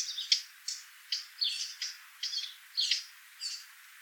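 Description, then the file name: Eurasian blackcap calling, a run of about nine short high notes repeated roughly twice a second, steady and clear against a quiet background. "Sylvia atricapilla"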